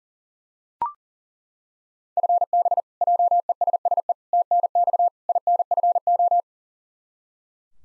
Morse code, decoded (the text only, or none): FB JESSE TNX INFO